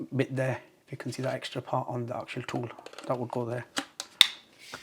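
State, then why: Seated. Someone talks while a plastic cleaning tool is pushed onto the wand or main body of a MooSoo K17U cordless vacuum cleaner. A sharp click sounds at 4.2 s as the tool clicks into place and is seated.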